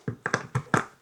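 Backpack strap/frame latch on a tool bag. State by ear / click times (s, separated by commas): not seated / none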